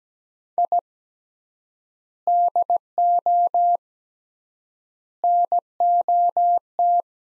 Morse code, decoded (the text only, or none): I DO NOT